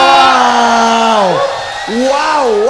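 An audience of South Sumatra (Sumatera Selatan) supporters cheers and shouts loudly in a long, sustained yell whose pitch slides downward, dips briefly near the middle, then swells back up over a constant wash of crowd noise.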